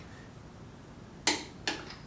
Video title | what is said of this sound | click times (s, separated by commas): How to Sweep In (AKA Tram) the Milling Head | go until you hear the click noise | 1.3 s, 1.7 s